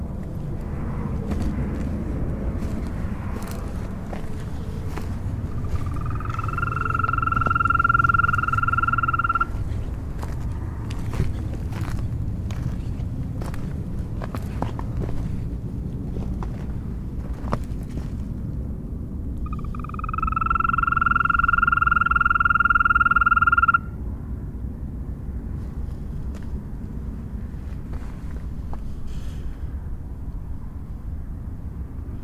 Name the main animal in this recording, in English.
Green Toad